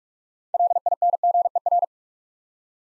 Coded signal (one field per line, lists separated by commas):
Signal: Morse code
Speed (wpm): 44 wpm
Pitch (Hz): 700 Hz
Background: none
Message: LINGER